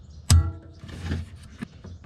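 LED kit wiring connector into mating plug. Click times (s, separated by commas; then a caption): 0.3 s. A plastic wiring connector from a Lasfit LED headlight bulb kit for a 2016-18 Silverado is pushed into its mating plug and gives a sharp click at 0.3 s as it seats securely. Softer rustling and faint handling taps follow.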